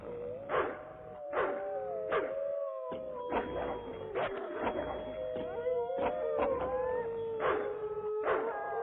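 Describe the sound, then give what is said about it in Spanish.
A pack of wolves howl together in overlapping, sustained tones that slide up and down in pitch, broken by sharp yelps and barks scattered throughout, with no talking. “Nos escucharon gritos de la mujer, y los aullidos de los lobos duraron poco tiempo.”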